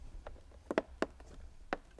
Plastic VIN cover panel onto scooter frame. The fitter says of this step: this is the plastic panel that covers it just snaps into place